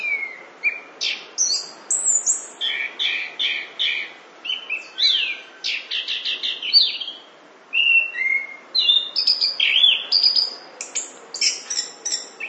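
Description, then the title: Chestnut-capped thrush song, a long varied warble of whistles and buzzy stuttered notes, with rising and falling slurs and a short pause near the middle, over a soft hiss. "anis kembang"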